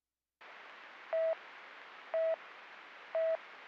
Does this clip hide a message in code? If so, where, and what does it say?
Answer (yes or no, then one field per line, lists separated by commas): no